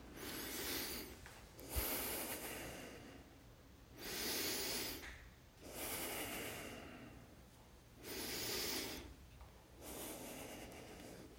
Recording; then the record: deep breathing after running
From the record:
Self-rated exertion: light exertion (2 of 6); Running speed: 7 miles an hour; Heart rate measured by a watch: 104 beats a minute at the start, 112 at the end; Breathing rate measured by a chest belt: 15 breaths a minute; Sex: male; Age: 24 years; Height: 185 cm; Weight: 79 kg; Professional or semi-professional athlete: no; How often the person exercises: 1 to 2 times a week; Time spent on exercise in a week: 2 to 3 hours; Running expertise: no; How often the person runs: 1 to 2 times a week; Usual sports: running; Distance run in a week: 20 km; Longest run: 10 km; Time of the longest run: 50 minutes